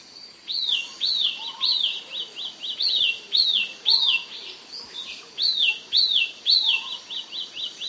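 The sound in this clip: Broad-billed flycatcher calling in a long series of arched, slurred high notes, about two per second, in phrases, over a steady high insect whine and faint lower bird notes.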